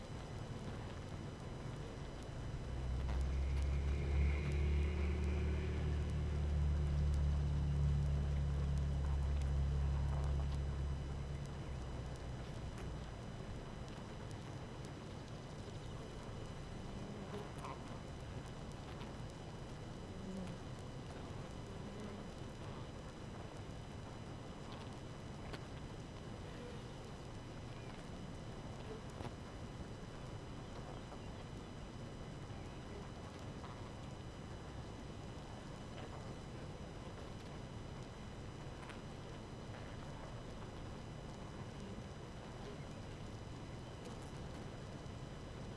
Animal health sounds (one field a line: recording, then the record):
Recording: honeybee colony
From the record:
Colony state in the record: active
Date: 12 June 2018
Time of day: 5:40